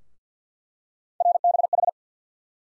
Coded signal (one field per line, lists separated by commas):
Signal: Morse code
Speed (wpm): 50 wpm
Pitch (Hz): 700 Hz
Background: none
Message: RBH